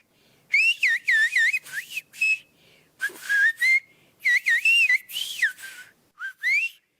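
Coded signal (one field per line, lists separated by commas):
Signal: whistled language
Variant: Greek Sfyria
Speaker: Then you encounter the unique voice of Kyriaki Giannakari, trilling as clear as a bird, chatting to her distant neighbors.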